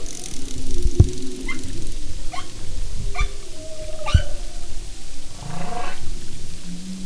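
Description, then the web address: Humpback whale song of short rising chirps and brief upsweeps, repeated several times, ending in a low rising moan, with low rumble and clicks beneath. "Sound and Marine Mammals humpback"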